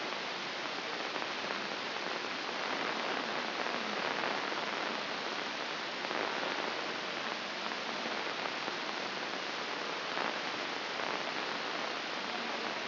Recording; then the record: brain microelectrode recording played as sound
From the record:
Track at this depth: inside the subthalamic nucleus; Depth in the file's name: 2.234 mm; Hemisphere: left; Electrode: 2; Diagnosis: Parkinson's disease